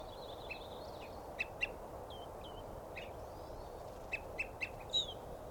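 Evening Grosbeak calls, brief sharp chirps in loose pairs and trios, with other faint bird notes and a constant hiss.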